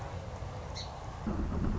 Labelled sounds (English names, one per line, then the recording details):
Song Sparrow
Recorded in Sonoma County, California